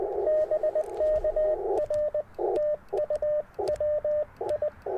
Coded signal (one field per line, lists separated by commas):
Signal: Morse code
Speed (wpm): 20 wpm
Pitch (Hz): 610 Hz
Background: radio noise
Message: BK R TU WI